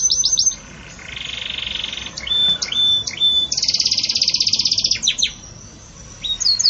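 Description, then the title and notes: Belgian canary singing in bursts: soft trill, whistled slides, a bright rattling trill, then a pause and a few final notes. Pure Belgian canary song in the "campainha" style, with pauses, made for training birds. "Canto Canário Belga Campainha Puro Com Pausa Para Treinamento. CANARIO BELGA"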